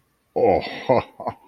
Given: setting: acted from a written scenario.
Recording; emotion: vocal sound without words; relief